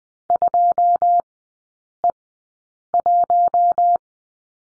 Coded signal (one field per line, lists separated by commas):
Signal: Morse code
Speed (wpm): 20 wpm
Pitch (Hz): 700 Hz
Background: none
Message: 2E1